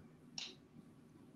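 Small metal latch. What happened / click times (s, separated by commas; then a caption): The small lock released with a click / 0.4 s. Someone presses the lock-release button on a folding knife so the blade lock releases. A single short, bright click sounds at 0.4 s against a low, steady background rumble. The blade unlocks.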